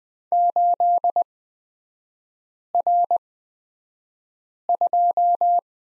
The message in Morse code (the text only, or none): 8R2